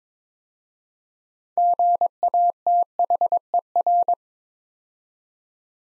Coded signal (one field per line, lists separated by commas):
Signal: Morse code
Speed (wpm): 23 wpm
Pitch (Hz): 700 Hz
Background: none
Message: GATHER